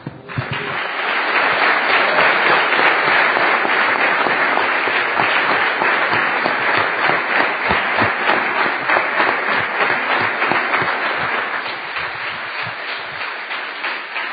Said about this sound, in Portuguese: Temos aplaudido a Jesus hoje, mas podemos aplaudir o Espírito Santo.